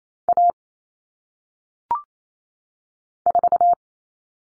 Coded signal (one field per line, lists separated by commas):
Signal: Morse code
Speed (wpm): 28 wpm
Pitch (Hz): 700 Hz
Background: none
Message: A 4